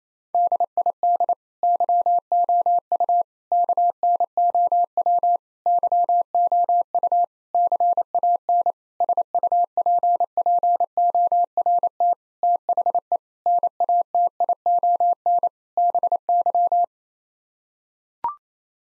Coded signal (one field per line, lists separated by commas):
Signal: Morse code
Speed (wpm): 28 wpm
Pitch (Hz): 700 Hz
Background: none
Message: DID YOU KNOW YOU CAN SUPPORT THE NATION BY